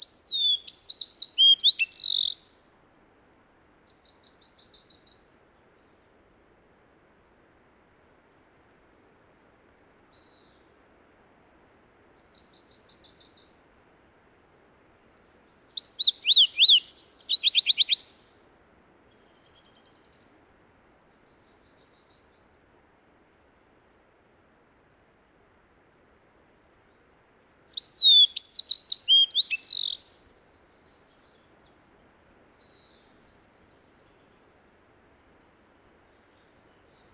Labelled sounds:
Fox Sparrow (Passerella iliaca) song
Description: Fox Sparrow song recorded at the Alluvial Fan in Rocky Mountain National Park
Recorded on 31 May 2017

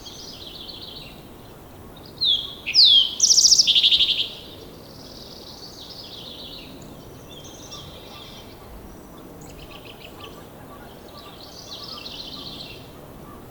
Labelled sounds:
Green-tailed Towhee (Pipilo chlorurus) song
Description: Green-tailed Towhee song recorded at the Alluvial Fan in Rocky Mountain National Park
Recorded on 19 May 2016

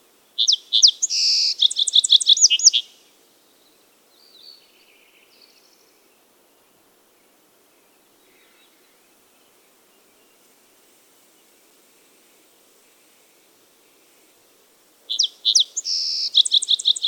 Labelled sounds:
Song Sparrow (Melospiza melodia) song
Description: Song Sparrow song recorded on the Cub Lake Trail in Rocky Mountain National Park
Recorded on 24 June 2015

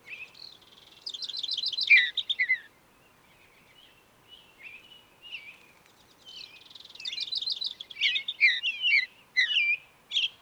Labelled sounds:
Mountain Bluebird (Sialia currucoides) song
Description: Mountain Bluebird song recorded in Moraine Park in Rocky Mountain National Park
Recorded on 29 May 2017

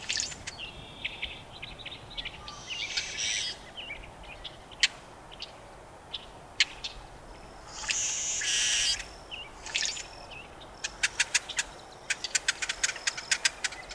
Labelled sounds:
Brewer's Blackbird (Euphagus cyanocephalus)
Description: Brewer's Blackbird song and call recorded in Moraine Park in Rocky Mountain National Park
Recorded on 18 May 2016

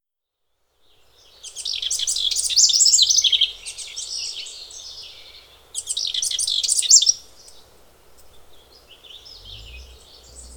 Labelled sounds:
House Wren (Troglodytes aedon)
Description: House Wren song from two different birds recorded on the Fern Lake Trail in Rocky Mountain National Park
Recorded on 10 June 2015

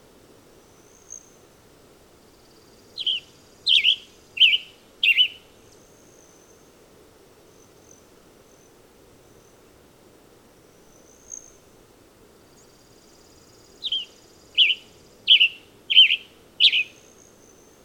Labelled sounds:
Western Tanager (Piranga ludoviciana) song
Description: Western Tanager song recorded at Hollowell Park in Rocky Mountain National Park
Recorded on 30 June 2015

